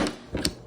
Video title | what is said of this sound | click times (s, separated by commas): how to make a keystone rj-45 ethernet port to rj-45 ethernet male from scratch. | an audible click and then that's how we know it's in there | 0.5 s